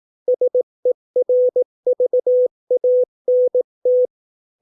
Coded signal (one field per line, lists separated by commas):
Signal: Morse code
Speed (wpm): 18 wpm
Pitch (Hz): 500 Hz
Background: none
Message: SERVANT